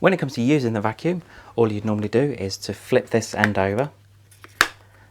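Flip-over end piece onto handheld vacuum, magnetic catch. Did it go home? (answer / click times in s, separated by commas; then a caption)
yes / 4.6 s. Someone talks for about four seconds, then the flip-over end piece of a Roidmi P1 Pro handheld cordless vacuum is turned over onto its magnetic catch of two magnets. Two faint ticks at 4.3 and 4.4 seconds lead into a sharp, loud snap at 4.6 seconds as the end piece locks into place.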